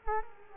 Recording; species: mosquito wingbeat signal from an infrared sensor; Culex quinquefasciatus